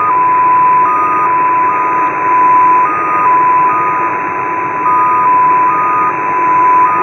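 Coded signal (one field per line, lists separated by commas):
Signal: numbers station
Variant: XPA2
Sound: slow tone hopping between two nearby pitches every few tenths of a second over hiss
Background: radio static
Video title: XPA2 7684kHz 16:20 UTC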